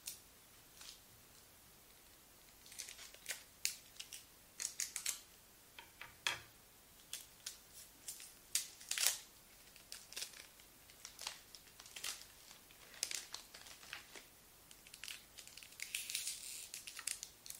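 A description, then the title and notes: Gift wrapping paper crinkles and rustles in irregular bursts, bright and crisp with sharp cracks. The handling comes in quick clusters every second or so, busiest between about 3 and 10 seconds and again near 16 seconds, with brief quiet gaps between. ASMR Role play - Helpful elf - wrapping gifts - paper - crinkle.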